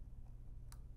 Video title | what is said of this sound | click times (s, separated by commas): How to connect a signal wire to an NI C Series module with snap-in terminals | And even that just it they just all click right in. | 0.7 s